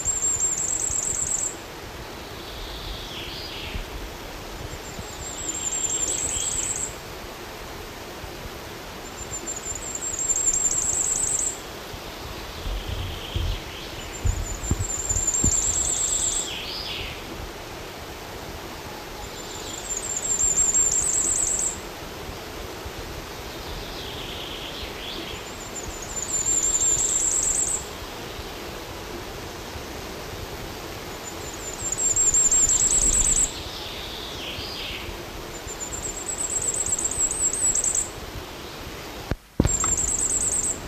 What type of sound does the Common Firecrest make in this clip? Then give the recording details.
song. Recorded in the wild. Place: Guntersdorf, DE. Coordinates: 50.6511, 8.25944. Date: 1964-05-21. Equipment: Uher Report 4000, AKG D190. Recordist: Krey, Winfried